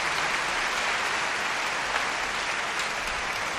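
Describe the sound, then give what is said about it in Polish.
Steady, dense applause from a large concert audience, many hands clapping at once into a continuous crackling roar that holds at an even level throughout, with no voices standing out. “Wyciągnęłam te słuchawki sprawdzić, czy naprawdę Państwo tak głośno bijecie brawo, czy to mnie nie oszukują koledzy realizatorzy, czy nie podgłaśniają mi tych mikrofonów, ale naprawdę Państwo tak bijecie brawo i to bardzo mnie cieszy.”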